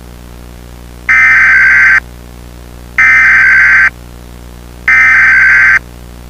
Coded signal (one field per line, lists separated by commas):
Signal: Emergency Alert System (SAME) tones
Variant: header bursts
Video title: EAS Scenario #4: Tornado Trouble: Redux.